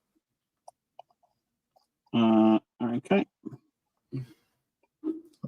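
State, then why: Seated. A plastic eye assembly (part 1A) for a Hachette Doctor Who Dalek model build, Issue 1, is fitted into the eye housing (part 1B) and rotated so its three tabs lock into the three slots. Two sharp, short clicks are heard at 0.7 s and 1.0 s, and the assembly is seated. Someone then talks.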